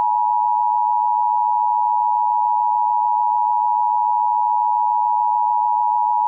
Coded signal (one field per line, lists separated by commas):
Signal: Emergency Alert System (SAME) tones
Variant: 853 and 960 Hz attention tone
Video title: EAS Scenario #4: Circuit City [HOLIDAY SPECIAL]